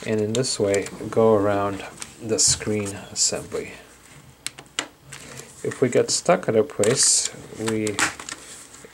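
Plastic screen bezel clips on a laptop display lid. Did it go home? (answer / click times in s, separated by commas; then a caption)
released / 4.5 s, 4.8 s. Fingertips pull the plastic screen bezel up and out around the screen assembly of a Lenovo ThinkPad SL510 laptop display lid while someone talks. The bezel clips give sharp snaps at 4.5 s and 4.8 s as they release, and the bezel snaps open.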